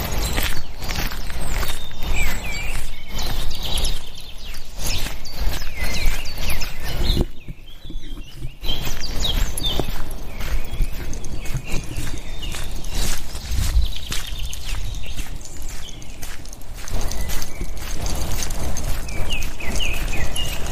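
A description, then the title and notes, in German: A walk in the woods: steady, crunching footsteps fill nearly the whole clip in a dense, even rhythm. Brief bird chirps come through now and then above the steps, and the walking eases for a moment at around seven seconds. Morgens mit dem Hund raus.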